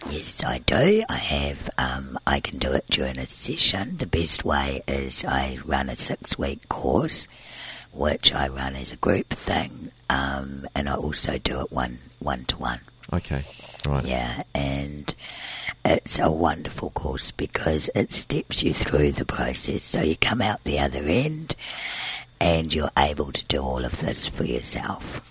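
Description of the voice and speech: Adult woman speaking with a low, rough, breathy voice, with an interviewer briefly. Dysphonia from vocal fold scarring: born with large laryngeal cysts, whose surgical removal at age 20 scarred one vocal cord. She still breathes through a tracheostomy tube because her airway is narrow.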